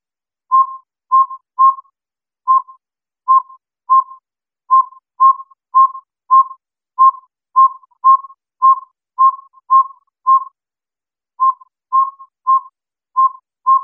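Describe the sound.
Northern saw-whet owl giving short, hollow whistled toots on one pitch, about two each second with a few uneven gaps, over silence.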